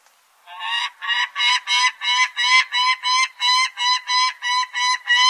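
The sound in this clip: Peregrine falcon beginning after a short pause, then a steady string of loud, grating kak notes about three per second.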